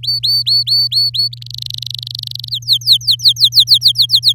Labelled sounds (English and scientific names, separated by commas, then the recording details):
Domestic Canary (Serinus canaria) song
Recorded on 6 May 2018 at 05:40
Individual llb16